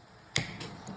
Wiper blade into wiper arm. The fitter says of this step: can hear the audible click